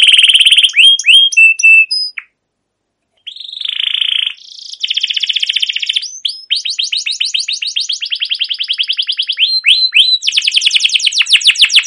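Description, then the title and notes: Canary song with clipped high whistles, a brief pause, a buzzy phrase, then long rapid trills and quick chirp series. Long continuous chirping canary song, used as a lure to prompt young canaries to sing and learn. "CUIT CUIT NGEROL LANGSUNG GACOR PANJANG Kenari Ini Utk Pancingan KENARI PAUD BELAJAR BUNYI. burung kenari"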